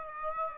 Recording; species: mosquito wingbeat signal from an infrared sensor; Aedes aegypti